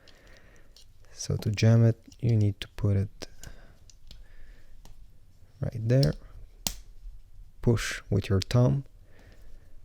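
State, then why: Seated. Someone talks while a new CR1620 coin cell is placed positive side down into the battery holder of a Mazda 3 key fob remote and pressed home with the thumb. A sharp snap is heard at 6.7 s as the battery seats in place.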